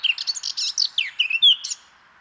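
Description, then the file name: Eurasian blackcap singing a brief, fast phrase of buzzy twittering notes with a loud, clear whistle near the end. "Sylvia atricapilla"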